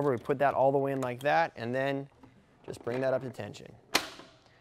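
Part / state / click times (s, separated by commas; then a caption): tension bar into screen frame lock hook / seated / 4.0 s. Someone talks as the tension bar of a Solid Loc screen-stretching frame for screen printing is brought up to tension. At 4.0 s there is a single sharp click as the bar snaps into the frame's lock hook, and it is seated.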